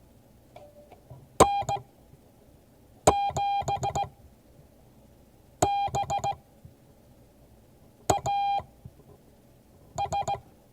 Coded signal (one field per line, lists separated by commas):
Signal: Morse code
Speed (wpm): 17 wpm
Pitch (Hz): 800 Hz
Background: none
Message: N7BAS